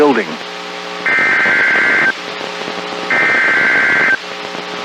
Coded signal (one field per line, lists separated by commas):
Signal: Emergency Alert System (SAME) tones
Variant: header bursts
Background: speech